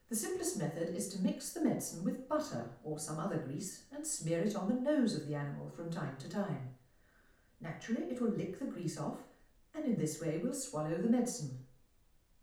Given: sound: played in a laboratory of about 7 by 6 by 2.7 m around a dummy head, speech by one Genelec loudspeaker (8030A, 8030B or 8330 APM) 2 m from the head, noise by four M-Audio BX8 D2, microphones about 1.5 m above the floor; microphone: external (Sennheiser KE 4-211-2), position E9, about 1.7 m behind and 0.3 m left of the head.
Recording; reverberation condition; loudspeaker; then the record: female speech in English; medium; 30 degrees to the left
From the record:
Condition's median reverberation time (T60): about 510 ms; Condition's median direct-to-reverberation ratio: about -0.5 dB